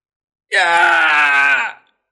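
A man being burned by a lightning tribulation lets out a single loud, sustained scream of pain lasting over a second, strained and harmonic, holding steady before cutting off abruptly.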